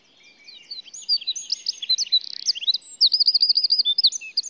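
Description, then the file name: Eurasian wren song: a fast, loud, high tumble of sharp notes and warbles, with a rapid, even trill of repeated notes near the end, and no other sounds. "Troglodytes troglodytes"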